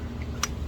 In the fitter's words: it locks into place dead straight like this or if you want you can press this down and it locks